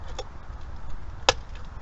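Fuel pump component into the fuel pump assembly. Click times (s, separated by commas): 1.3 s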